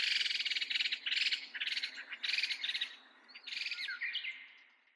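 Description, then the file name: Masked laughingthrush giving harsh, buzzy chattering calls in rapid bursts, several runs of scratchy notes with short gaps between them, with a few thin whistled notes near the end. Recorded on 14 April 2019. "kaoguro 190414"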